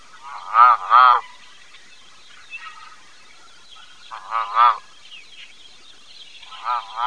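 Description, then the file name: Canada goose honking: loud, nasal honks given in quick pairs, with a pause of several seconds between groups, and faint calls in the background. "OCACANADESE"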